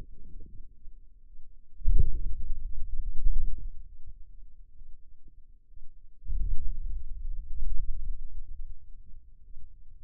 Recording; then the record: forearm muscle sounds (acoustic myography)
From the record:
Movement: hand closing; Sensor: system 2, bracelet of six BSWA MPA416 microphones around the upper forearm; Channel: 5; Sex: male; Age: 22 years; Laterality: right